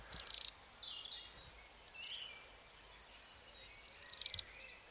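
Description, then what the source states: Wren fledglings giving short, very high squeaky calls in several separate bursts, some longer than others, trading back and forth. Recently fledged young wrens in a hedge, two calling back and forth to each other; breeding evidence; recorded 2022.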